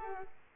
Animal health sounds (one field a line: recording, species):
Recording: mosquito wingbeat signal from an infrared sensor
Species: Culex pipiens